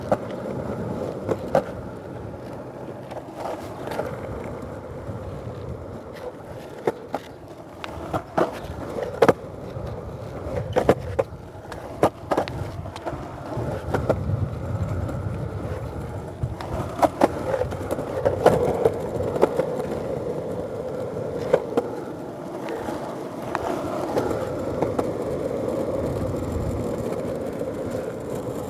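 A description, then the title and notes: A skateboard rolls steadily along a neighborhood sidewalk, its low wheel rumble continuous throughout. Sharp clacks and thumps from cracks and joints in the pavement break in every second or two, denser and louder near the middle, over faint outdoor street sound. Skateboard through the neighborhood, gliding over sidewalks, down roads, and navigating both smooth pathways and those that are less smooth.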